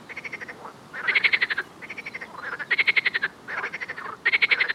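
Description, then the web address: Frogs croaking in a chorus: harsh, pulsed rattling bursts about half a second long, repeating roughly every one and a half seconds, with overlapping softer callers between them. "Soundscape Frog 1"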